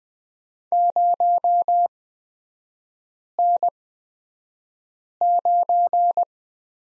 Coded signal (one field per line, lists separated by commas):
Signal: Morse code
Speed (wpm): 20 wpm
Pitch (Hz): 700 Hz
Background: none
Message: 0N9